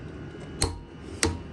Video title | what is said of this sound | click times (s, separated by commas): Yamaha Grizzly 700 clutch kit install! AD Clutching | Heard the torque wrench click. We got 137 foot-pounds. | 0.6 s, 1.2 s